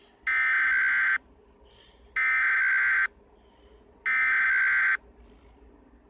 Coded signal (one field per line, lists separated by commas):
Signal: Emergency Alert System (SAME) tones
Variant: header bursts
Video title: EAS scenario biological radioactive modern warfare warning